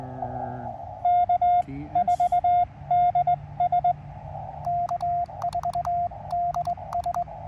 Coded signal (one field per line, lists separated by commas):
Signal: Morse code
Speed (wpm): 19 wpm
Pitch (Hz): 710 Hz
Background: radio noise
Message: K4DS K4DS